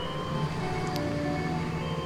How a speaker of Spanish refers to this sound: Oh, cómo se escuchan los coches.